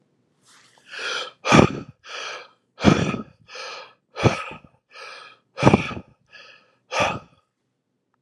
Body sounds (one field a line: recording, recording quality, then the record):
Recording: deep breathing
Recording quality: excellent, no background noise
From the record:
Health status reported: exposed to COVID-19, no respiratory illness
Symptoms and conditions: fatigue, hypertension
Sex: male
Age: 66 years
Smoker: not ticked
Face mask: not worn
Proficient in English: yes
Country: United States